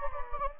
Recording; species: mosquito wingbeat signal from an infrared sensor; Anopheles gambiae